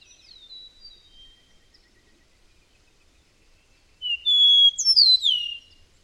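Bird song with thin high whistles early, a quiet gap, then a loud burst of sharp, down-slurred whistled notes and chirps in the final two seconds.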